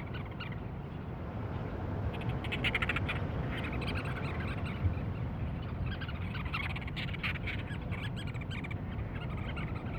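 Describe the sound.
Cape Verde storm petrel chattering calls, rapid pulsed bursts around two to three seconds and again near six to eight seconds, over a constant low roar.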